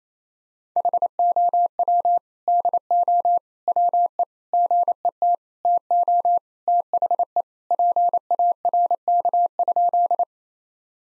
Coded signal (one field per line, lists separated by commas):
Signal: Morse code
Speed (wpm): 28 wpm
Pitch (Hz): 700 Hz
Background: none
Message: HOW DO WE GET TO THE PARK?